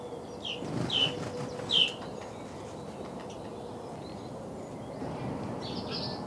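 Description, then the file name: House sparrow calling with two clear, short chirps under a second apart early on, then fainter chirping later against constant low noise. "Passer domesticus"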